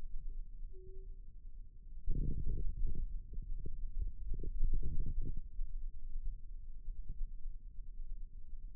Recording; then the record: forearm muscle sounds (acoustic myography)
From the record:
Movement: radial deviation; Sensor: system 2, bracelet of six BSWA MPA416 microphones around the upper forearm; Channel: 4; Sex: male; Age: 22 years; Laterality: right